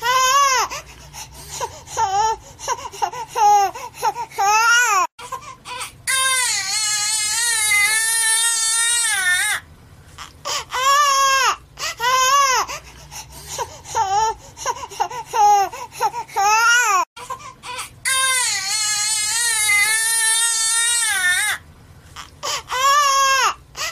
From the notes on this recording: A BABY CRYING